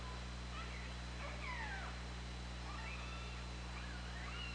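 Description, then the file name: Orca calls, faint falling and arching squeals with overtones, three or four in under five seconds, partly buried in a constant low hum and hiss. Recorded on the OrcaLab hydrophone on 24 August 2017 at 20:25. "Orca Lab UTLN JASON 20170824 202535"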